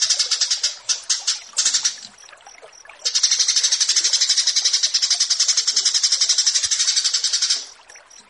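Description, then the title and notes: Australasian bushlark song, several sharp high bursts followed by a long steady buzzing trill lasting nearly five seconds. Masteran (song tutor) track, branjangan versus burger. "Branjangan VS BURGER Masteran. burung BRANJANGAN"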